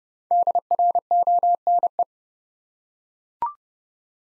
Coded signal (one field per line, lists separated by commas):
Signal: Morse code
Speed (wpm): 30 wpm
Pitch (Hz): 700 Hz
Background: none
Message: DRONE